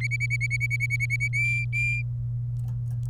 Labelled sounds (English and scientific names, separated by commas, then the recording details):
Domestic Canary (Serinus canaria) song
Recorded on 27 April 2018 at 12:46
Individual llb3